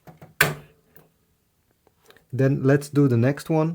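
A black ink cartridge is dropped into its slot in an Epson WF-7820 inkjet printer carriage and pushed on the marked circle, giving a sharp, loud click at 0.4 s as it seats in place. A few faint taps follow, then someone talks.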